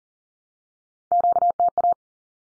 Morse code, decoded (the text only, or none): QTA